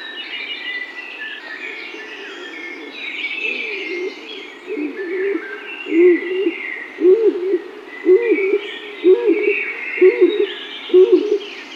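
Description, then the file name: Stock dove giving low, hollow coos repeated roughly once a second, growing clearer in the second half, while other small birds chirp and twitter behind. "Huldue"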